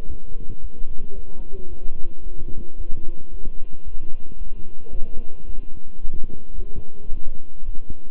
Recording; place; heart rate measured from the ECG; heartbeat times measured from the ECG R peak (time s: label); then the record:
heart sounds by stethoscope; between the tricuspid and mitral areas; 111 bpm
0.05 s: heartbeat
0.60 s: heartbeat
1.14 s: heartbeat
1.68 s: heartbeat
2.22 s: heartbeat
2.76 s: heartbeat
3.29 s: heartbeat
3.83 s: heartbeat
4.37 s: heartbeat
4.91 s: heartbeat
5.45 s: heartbeat
5.99 s: heartbeat
6.54 s: heartbeat
7.08 s: heartbeat
7.63 s: heartbeat
From the record:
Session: walking at 3.7 km/h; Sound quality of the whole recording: good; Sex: male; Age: 26 years